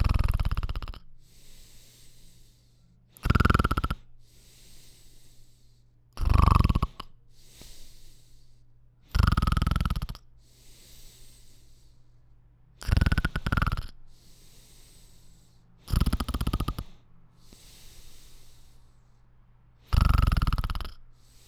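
Snoring from an adult sleeper: loud, low-pitched snores recurring roughly every three seconds, with quieter breathing between them.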